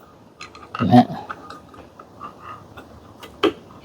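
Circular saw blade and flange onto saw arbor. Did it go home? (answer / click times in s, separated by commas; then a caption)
yes / 3.4 s. A circular saw blade and its outer flange are fitted onto the arbor of an OSUKA cordless circular saw. Someone talks briefly amid faint handling sounds, then a sharp metallic click at 3.4 s marks the flange locking onto the arbor. The blade is seated, locked in exactly.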